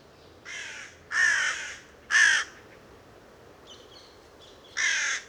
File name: Corvus corone